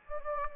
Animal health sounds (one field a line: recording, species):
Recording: mosquito wingbeat signal from an infrared sensor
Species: Anopheles gambiae